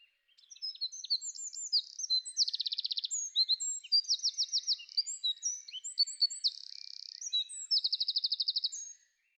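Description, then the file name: Eurasian wren delivering a long, loud, unbroken song of piercing high notes, with several rapid rattling trills woven through nearly nine seconds. "winterkoning"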